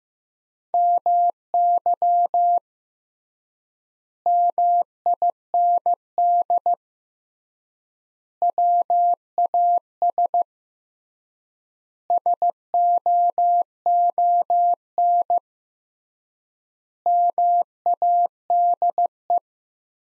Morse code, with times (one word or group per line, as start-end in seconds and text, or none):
0.7-2.6 MY
4.3-6.7 MIND
8.4-10.4 WAS
12.1-15.4 SOON
17.1-19.4 MADE